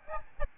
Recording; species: mosquito wingbeat signal from an infrared sensor; Aedes albopictus